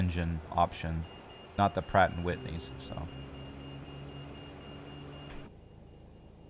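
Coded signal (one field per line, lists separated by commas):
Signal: none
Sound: simulator beeps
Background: speech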